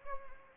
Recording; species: mosquito wingbeat signal from an infrared sensor; Anopheles gambiae